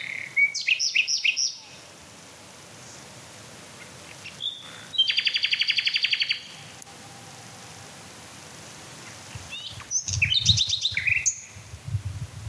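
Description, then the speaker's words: Common Nightingale song with rapid repeated notes, a loud buzzing trill and varied high phrases, separated by quiet pauses; low rumbles near the end. Male singing in woods at dusk; phrases described as sobbing. "Oh, das schöne Schluchzen. Lauschen wir doch noch ein paar Minuten Herrn Nachtigall."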